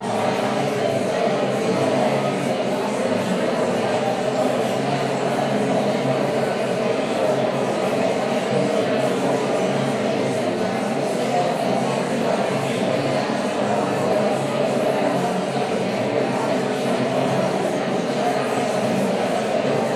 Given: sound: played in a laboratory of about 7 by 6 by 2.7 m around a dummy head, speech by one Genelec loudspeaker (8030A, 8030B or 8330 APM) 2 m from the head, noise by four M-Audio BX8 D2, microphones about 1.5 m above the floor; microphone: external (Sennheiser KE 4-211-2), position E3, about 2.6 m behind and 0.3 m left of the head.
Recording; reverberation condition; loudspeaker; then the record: babble noise; high; four, about 170 cm from the corners of the room and facing them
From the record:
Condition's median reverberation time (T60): about 1300 ms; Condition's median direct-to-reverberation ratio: about -4.0 dB